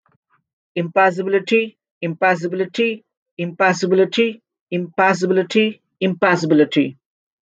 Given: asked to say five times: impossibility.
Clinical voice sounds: repeated word; male; 30 to 39 years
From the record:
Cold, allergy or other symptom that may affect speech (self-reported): no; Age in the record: 34 years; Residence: New York, United States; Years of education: 16

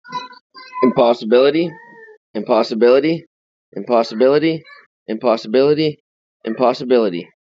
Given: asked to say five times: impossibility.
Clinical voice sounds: repeated word; male; 30 to 39 years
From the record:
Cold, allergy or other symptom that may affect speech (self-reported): no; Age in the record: 30 years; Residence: New York, United States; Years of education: 12

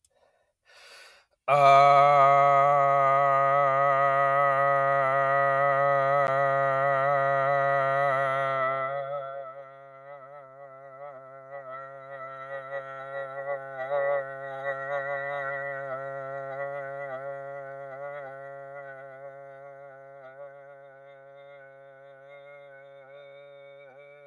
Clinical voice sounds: vowel held as long as possible; male; 40 to 49 years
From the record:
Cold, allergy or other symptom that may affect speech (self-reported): no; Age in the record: 44 years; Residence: Kentucky, United States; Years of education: 12

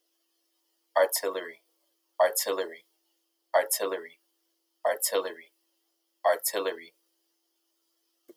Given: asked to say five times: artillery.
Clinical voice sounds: repeated word; male; 18 to 19 years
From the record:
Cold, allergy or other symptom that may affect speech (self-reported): no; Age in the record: 18 years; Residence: Georgia, United States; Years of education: 11

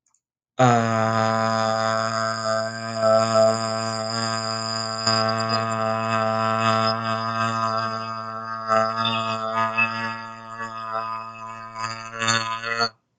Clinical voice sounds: vowel held as long as possible; male; 30 to 39 years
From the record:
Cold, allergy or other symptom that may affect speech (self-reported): no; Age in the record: 33 years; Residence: California, United States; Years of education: 20

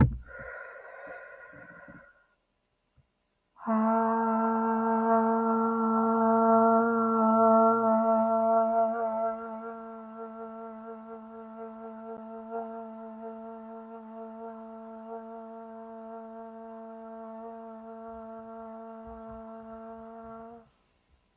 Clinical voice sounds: vowel held as long as possible; female; 30 to 39 years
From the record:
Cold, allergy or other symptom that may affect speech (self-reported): no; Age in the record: 37 years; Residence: Ohio, United States

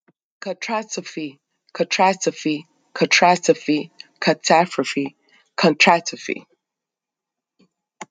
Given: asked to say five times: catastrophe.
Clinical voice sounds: repeated word; male; 40 to 49 years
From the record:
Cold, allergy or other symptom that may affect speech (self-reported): no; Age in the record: 49 years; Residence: New Jersey, United States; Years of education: 12

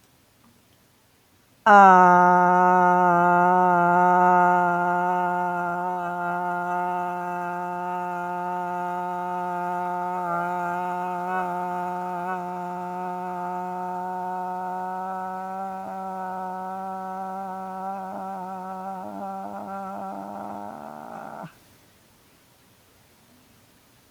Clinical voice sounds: vowel held as long as possible; female; 70 to 79 years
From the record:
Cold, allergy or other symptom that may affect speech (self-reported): no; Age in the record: 72 years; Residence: Illinois, United States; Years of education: 17

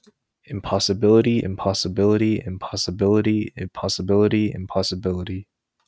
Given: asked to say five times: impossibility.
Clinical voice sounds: repeated word; male; 20 to 29 years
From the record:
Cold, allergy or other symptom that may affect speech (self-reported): no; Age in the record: 21 years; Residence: North Carolina, United States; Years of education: 16

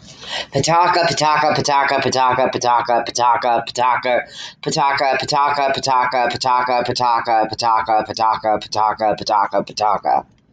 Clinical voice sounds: repeated syllables /pa ta ka/; male; 30 to 39 years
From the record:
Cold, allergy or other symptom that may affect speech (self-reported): no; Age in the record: 30 years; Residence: Arkansas, United States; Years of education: 11

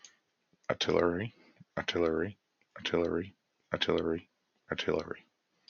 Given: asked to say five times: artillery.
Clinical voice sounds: repeated word; male; 30 to 39 years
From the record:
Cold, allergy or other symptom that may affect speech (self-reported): no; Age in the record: 39 years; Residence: Massachusetts, United States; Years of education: 16

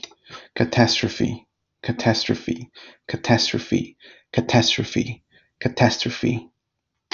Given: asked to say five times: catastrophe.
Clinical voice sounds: repeated word; male; 30 to 39 years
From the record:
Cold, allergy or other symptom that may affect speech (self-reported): no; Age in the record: 31 years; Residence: California, United States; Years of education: 17

